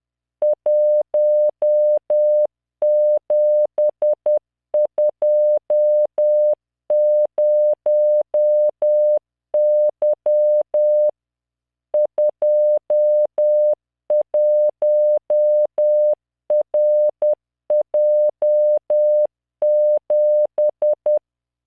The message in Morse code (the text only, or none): 1720Y 21RJ7